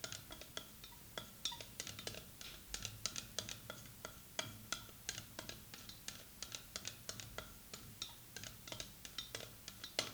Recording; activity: daily activity, guitar pickup as the sensor; fry